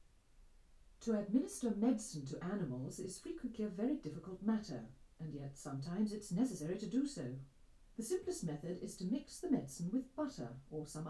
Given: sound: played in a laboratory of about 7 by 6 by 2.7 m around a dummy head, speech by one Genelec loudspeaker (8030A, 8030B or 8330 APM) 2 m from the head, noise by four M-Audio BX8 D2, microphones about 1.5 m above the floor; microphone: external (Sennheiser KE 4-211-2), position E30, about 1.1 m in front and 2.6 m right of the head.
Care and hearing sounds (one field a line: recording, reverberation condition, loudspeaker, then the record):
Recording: female speech in English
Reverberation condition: low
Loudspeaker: 30 degrees to the right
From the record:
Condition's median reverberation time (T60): about 310 ms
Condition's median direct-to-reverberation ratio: about 3.5 dB